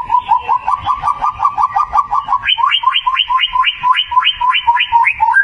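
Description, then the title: White-rumped shama song: a fast series of repeated mid-pitched notes, then a run of upswept whistles rising higher, each repeated at a steady brisk rhythm. Lure of a vigorously singing (gacor) bird, played to make the bird sing and respond. "MURAI BATU GACOR"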